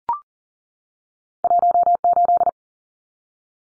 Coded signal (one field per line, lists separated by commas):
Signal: Morse code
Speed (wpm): 40 wpm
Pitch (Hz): 700 Hz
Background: none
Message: 18